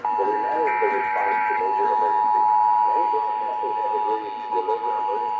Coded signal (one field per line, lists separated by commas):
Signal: Emergency Alert System (SAME) tones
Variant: 853 and 960 Hz attention tone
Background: speech